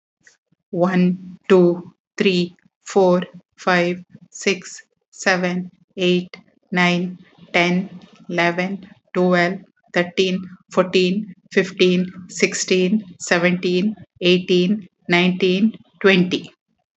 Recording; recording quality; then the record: counting at a normal pace; excellent, no background noise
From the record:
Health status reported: healthy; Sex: female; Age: 53 years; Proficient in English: yes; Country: India